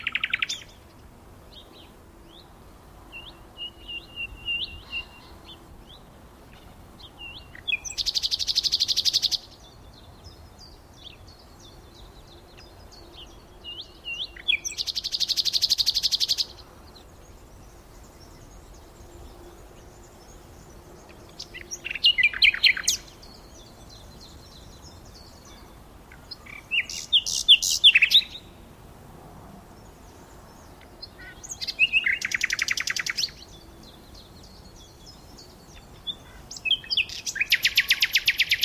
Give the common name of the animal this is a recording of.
Common Nightingale